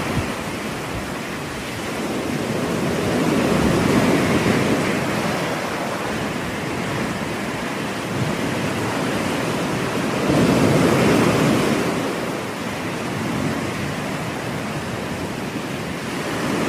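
Ocean waves wash in a continuous, dense hiss with no silences. The surf swells louder around four seconds and again near eleven seconds, each rise rolling in and easing back into a steady roar. Low rumble sits under the brighter spray throughout.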